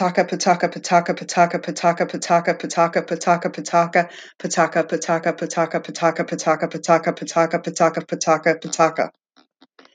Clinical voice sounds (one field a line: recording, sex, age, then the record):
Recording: repeated syllables /pa ta ka/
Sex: female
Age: 40 to 49 years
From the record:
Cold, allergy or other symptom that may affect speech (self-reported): no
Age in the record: 46 years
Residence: Florida, United States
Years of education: 18